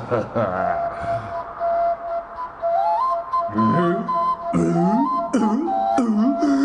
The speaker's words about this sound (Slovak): Dovol mi, aby som ti na tejto píšťalke ešte aspoň raz zapískal. To môžeš na píšťalke zapískať.